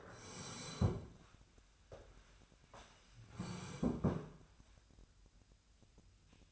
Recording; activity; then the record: daily activity, microphone in the room; sit down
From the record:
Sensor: 2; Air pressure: 1015.1 hPa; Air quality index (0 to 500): 168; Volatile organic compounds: 9 ppm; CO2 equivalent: 2185 ppm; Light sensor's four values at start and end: 12/32/12/14 and 12/33/13/14